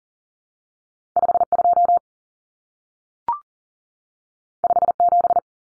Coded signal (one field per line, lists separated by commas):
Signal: Morse code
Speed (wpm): 40 wpm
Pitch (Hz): 700 Hz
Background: none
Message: 52 57